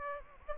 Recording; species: mosquito wingbeat signal from an infrared sensor; Aedes aegypti